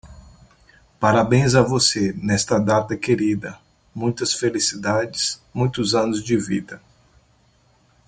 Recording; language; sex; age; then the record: short text; Brazilian Portuguese; male; 40 to 49 years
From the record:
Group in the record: control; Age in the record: 40 years